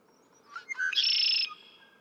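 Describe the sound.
Red-winged blackbird song: a few short introductory notes leading into a loud, buzzy, sustained trill lasting about half a second, with a faint steady hum underneath.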